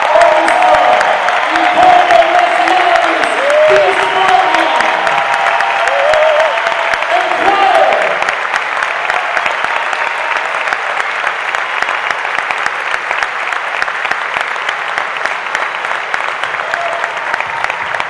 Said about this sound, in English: So please give an incredible round of applause.